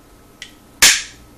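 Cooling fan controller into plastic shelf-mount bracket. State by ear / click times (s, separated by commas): seated / 0.8 s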